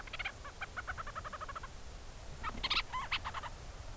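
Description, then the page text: Forster's Tern calls, a rapid stuttering string of harsh notes, then a louder grating burst, against low rumbling noise. Tern flying overhead calling to its colony on an island below in South Bay San Francisco, California; the advertisement call works as a greeting to the colony. "In South Bay San Francisco, California, a Forster’s Tern (Sterna forsteri) flies overhead and lets out a call to its colony below. This “advertisement call” is almost the bird’s way of saying “hello” to the colony on the island."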